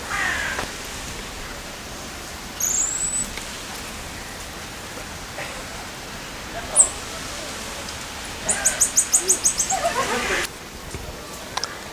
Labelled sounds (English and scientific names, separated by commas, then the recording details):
Black-mantled Tamarin (Saguinus nigricollis) call
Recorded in captivity
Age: adult
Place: Zoo Berlin, Berlin, DE
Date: 1999-09-04 14:20
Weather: sonnig, 24°C
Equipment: Sony WM-D6C, Sennheiser ME 80, Kopie Uher 4000 Report Monitor
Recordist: Tembrock, Günter